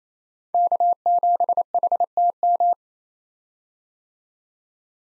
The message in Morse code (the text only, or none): K7HTM